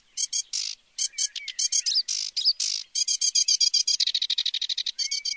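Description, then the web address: Sedge warbler singing a hurried, varied stream of grating chirrs and ticking notes, then a rapid repeated rattle and a brief rising whistle. "chants Phragmite des joncs"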